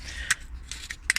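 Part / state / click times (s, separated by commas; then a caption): high-voltage service plug into the hybrid battery pack / seated / 1.1 s. A high-voltage service plug is put back into a Toyota Prius hybrid battery pack, its lever closed and pushed down all the way until it locks. A few sharp plastic clicks and rattles sound at about 0.3, 0.7 and 0.9 seconds, then the loudest, sharpest click comes at 1.1 seconds, with a smaller one right after at 1.2 seconds. The lever clicks home and the plug is seated.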